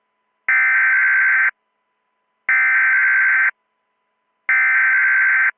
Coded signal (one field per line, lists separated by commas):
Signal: Emergency Alert System (SAME) tones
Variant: header bursts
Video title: EAS MOCK: The Great California Shakeout (10/16/25)